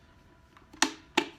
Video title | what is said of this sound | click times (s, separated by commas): Newest version of the Samurai Water Holster & Buckle | just be just the one insert here to divide between your washer and your squeegee that snaps into place there | 0.8 s, 1.2 s